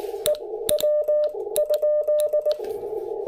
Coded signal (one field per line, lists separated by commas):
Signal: Morse code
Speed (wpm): 18 wpm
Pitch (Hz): 600 Hz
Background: none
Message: E W ?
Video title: Cabin POTA: Pairing the IC-705and MC-750 vertical at Gorges State Park!